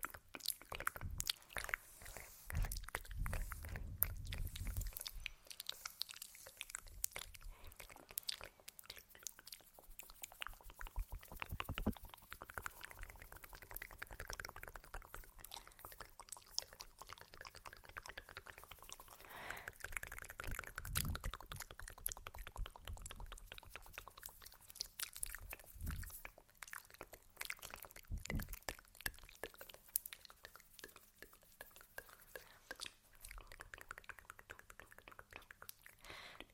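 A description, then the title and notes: Soft, wet mouth sounds with chewing-like clicks and crunches fill the clip, dense and irregular throughout. A few low thumps land near the start, around 12 seconds, and again near 20, 26 and 28 seconds, like fingers tapping or brushing skin. Sleepy Mouth Sounds, Face Touching, Tapping.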